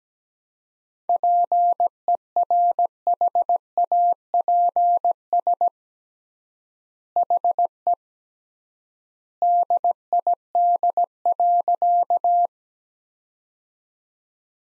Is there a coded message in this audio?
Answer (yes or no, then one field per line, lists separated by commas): yes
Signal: Morse code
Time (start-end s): 1.1-12.5 s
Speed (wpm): 17 wpm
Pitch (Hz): 700 Hz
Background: none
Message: PERHAPS HE DID.